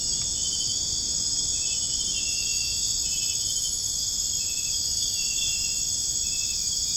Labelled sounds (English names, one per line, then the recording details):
none
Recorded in dense forest near Puerto Asís, Putumayo, Colombia, on 29 June 2025 at 02:30
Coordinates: 0.481, -76.323
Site G072